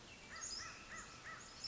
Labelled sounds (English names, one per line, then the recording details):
American Crow
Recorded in Sonoma County, California